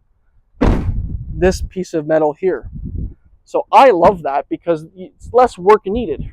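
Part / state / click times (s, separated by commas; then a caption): rear door latch into its metal striker on a cargo van / seated / 0.6 s. The rear cargo door of a 2025 Ford Transit 250 High Roof Extended van is closed by its handle, and its metal latch catches the metal striker with a short, loud thunk at 0.6 s. Someone then talks over the rest of the clip. The latch clicks home and the door is seated.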